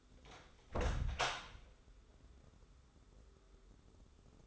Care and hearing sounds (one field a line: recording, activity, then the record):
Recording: daily activity, microphone in the room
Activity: close door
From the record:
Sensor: 3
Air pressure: 1015.2 hPa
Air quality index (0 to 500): 180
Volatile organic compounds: 17 ppm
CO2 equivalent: 2590 ppm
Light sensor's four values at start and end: 16/40/16/17 and 16/40/16/17